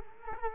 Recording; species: mosquito wingbeat signal from an infrared sensor; Culex quinquefasciatus